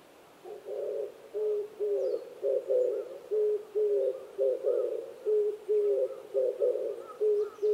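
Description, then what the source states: Oriental turtle dove song: low, hoarse cooing notes in a steady repeated rhythm, with faint bird calls above. Recorded 26 April 2010 at 05:29.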